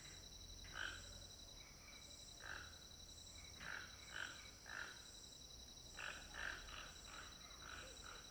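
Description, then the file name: Toucan croaking calls, short hoarse notes in irregular bursts over about eight seconds, with steady high insect buzzing throughout. Toucans calling very close in a house backyard at Alto Paraíso, late afternoon. "Ambiencia de final de tarde quintal casa Alto Paraiso com Tucanos bem perto"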